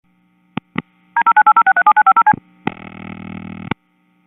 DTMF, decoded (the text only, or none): D0980637950C